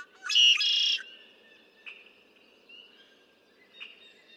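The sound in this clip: Red-winged blackbird song: a quick introductory note leading into a loud, harsh buzzing trill, with a few soft chips afterward.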